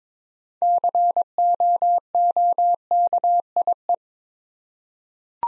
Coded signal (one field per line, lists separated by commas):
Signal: Morse code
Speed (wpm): 22 wpm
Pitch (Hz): 700 Hz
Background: none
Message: COOKIE